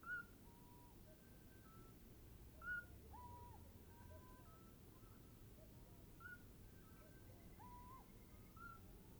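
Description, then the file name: Eurasian Scops Owl hoots, soft whistled notes at two pitches, lower drawn-out ones and higher shorter ones, given at irregular intervals over steady low rumble. Female hoots first, then the male, followed by the female's soliciting calls. "Eurasian Scops Owl Hooting of female male then soliciting calls of female"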